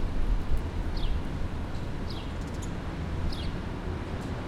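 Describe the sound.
Bird giving three thin, downward-sliding chirps about a second apart, almost buried under loud low rumbling noise.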